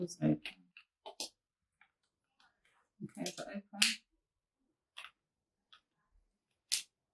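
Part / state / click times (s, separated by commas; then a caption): interchangeable curling barrel into styling wand handle / not seated / none. A woman talks while handling an interchangeable plastic curling barrel for a T3 Convertible styling wand handle, with a few short, light handling taps and clicks between her words. Nothing has seated or clicked yet.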